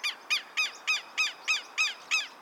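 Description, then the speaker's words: Southern lapwing cackling: a run of several piercing, harsh notes repeated about three times a second at an even pace. Piercing cackles heard day and night from a home in Trinidad and Tobago. "Day and night, I often hear the piercing cackles of southern lapwings right from my home."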